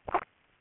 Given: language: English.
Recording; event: throat vibration sensor signal played as sound; swallow